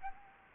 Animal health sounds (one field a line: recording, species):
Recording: mosquito wingbeat signal from an infrared sensor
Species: Anopheles gambiae